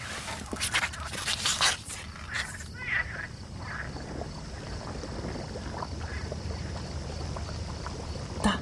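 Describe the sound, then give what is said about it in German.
Water gurgles and burbles beneath the asphalt without a break, with a few brighter splashy bursts in the first seconds before settling into a steady, low, churning wash. No one speaks. “Ein Glucksen.”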